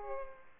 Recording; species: mosquito wingbeat signal from an infrared sensor; Culex pipiens